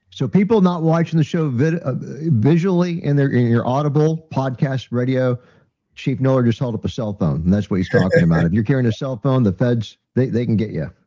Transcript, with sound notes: So people not watching the show vid- uh, visually and they're in your Audible, podcast, radio, Chief Noller just held up a cell phone and that's what he's talking about.
(laughs)
If you're carrying a cell phone, the feds, they, they can get you.